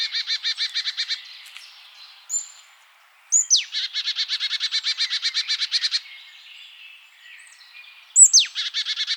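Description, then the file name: Marsh tit calling in three bursts of rapid, rasping chatter, the last two each opened by a sharp downslurred note, with quiet gaps between bursts. "Poecile palustris"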